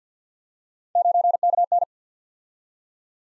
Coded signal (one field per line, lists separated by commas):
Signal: Morse code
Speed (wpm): 47 wpm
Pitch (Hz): 700 Hz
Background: none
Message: 9KN